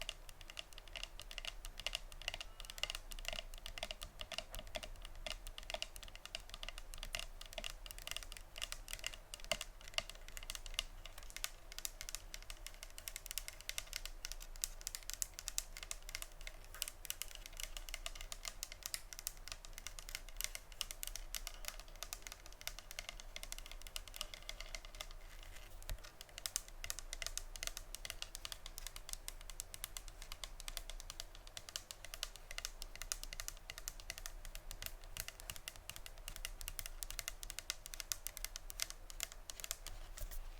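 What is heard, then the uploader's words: ASMR tapping: a dense, continuous stream of quick, crisp taps that clatter like typing, with no pauses across the whole stretch. The clicks sit bright and high, with a low steady hum underneath and a slight rise and fall in intensity. ASMR Tapping (No Talking).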